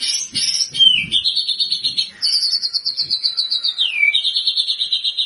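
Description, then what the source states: White-rumped shama song of sustained pulsed trills that shift pitch, stepping up, then sliding down before continuing steadily to the end. Lure sound of a constantly singing white-rumped shama, meant to provoke a response from birds that hear it.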